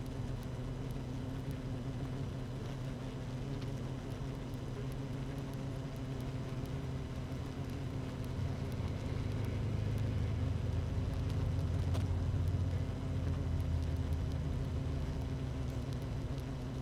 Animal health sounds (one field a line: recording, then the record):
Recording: honeybee colony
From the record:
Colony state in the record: active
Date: 12 June 2018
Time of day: 13:41